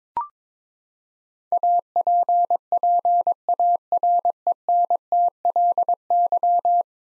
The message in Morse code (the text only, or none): APPARENTLY